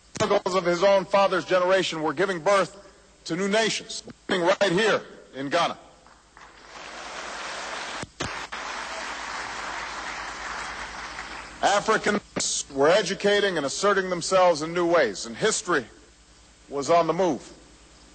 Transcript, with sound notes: struggles of his own father's generation were giving birth to new nations, beginning right here in Ghana. (Applause.) Africans were educating and asserting themselves in new ways, and history was on the move.